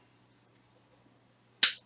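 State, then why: Seated. A plastic scale-model 1957 Ford Gasser car frame is pressed onto the model body so its locating pin goes into a newly drilled hole on the body side. After near silence, one sharp, loud snap comes at 1.6 s as the pin seats in the hole, and the frame now fits as it should.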